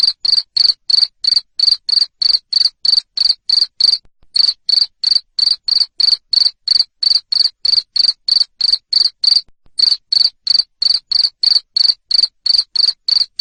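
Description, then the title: Cricket chirps, shrill and evenly spaced at roughly three per second, running continuously with a couple of tiny breaks. Loud cricket chirping played to stimulate lovebirds to keep singing. "Suara JANGKRIK NGERIK Keras Bikin LOVEBIRD Jadi NGEKEK Terus"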